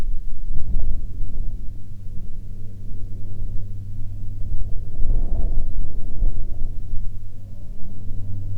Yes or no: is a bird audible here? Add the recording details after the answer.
no. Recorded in the Prudhoe Bay oil fields, Alaska, on 31 July 2019 at 11:34. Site 11